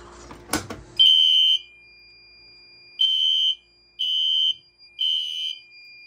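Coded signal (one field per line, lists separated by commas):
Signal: alarm pattern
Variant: horn strobe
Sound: a click, then harsh 3 kHz horn beeps: one, a pause, then three evenly spaced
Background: small indoor room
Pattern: temporal three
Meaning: Temporal-3 pattern signals building evacuation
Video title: MS-9050UD Temporal 3 Horn Strobe Demo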